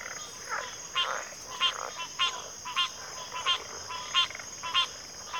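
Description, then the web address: Crickets keep up a constant high trill while ringing pulsed calls repeat a little more than once a second. Chorus of crickets in a backwater. "WLL Grade 1-12 Pre-Uni Library Enter Natures Songs Sleep Sounds of Nature CRICKETS Backwater Chorus"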